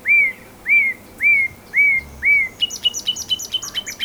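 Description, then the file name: Common nightingale song: five slow, loud, upslurred whistles, then a quicker run of sharp repeated high notes. "Luscinia megarhynchos"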